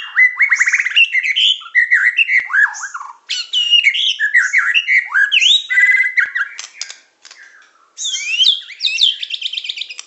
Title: Kicau Kacer